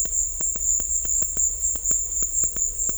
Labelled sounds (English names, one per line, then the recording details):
none
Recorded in dense forest near Puerto Asís, Putumayo, Colombia, on 16 December 2024 at 14:30
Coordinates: 0.500, -76.322
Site G053